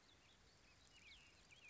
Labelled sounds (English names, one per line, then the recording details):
Cassin's Vireo
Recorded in Sonoma County, California